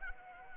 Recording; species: mosquito wingbeat signal from an infrared sensor; Anopheles arabiensis